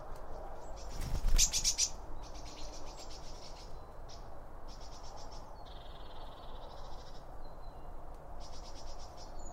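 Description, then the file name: Birds chattering: repeated buzzy, rattling bursts high up, with a loud brief thump near the start, over a low rumble. Birds recorded around a bird feeder, using two OM 1 microphones from Line Audio. "Birds Around Birdfeeding With Two Om 1 From Line Audio"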